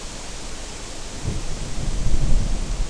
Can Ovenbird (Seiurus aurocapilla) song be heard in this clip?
no